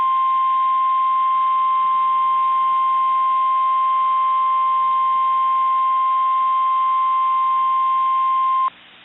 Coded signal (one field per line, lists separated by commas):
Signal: Emergency Alert System (SAME) tones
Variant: 1050 Hz attention tone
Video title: (VALID TONES) EAS Tornado Watch for the Omaha Metro Area! (05/21/24)